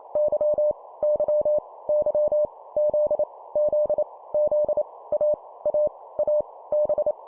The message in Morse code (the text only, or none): Y Y Y Z Z Z A A A B